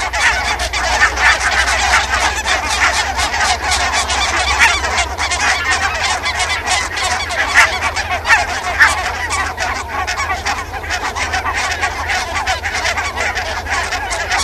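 Barnacle goose: geese chattering as a large flock, a constant wash of short yelping calls blended into a steady, crowded din.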